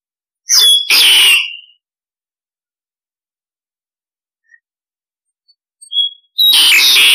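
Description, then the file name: Starling harsh calls: a loud broken screech with a whistled note, a quiet stretch, then a short whistle and another rasping screech. Calls used to lure starlings; described as starlings calling the flock. "Tieng sao da goi bay"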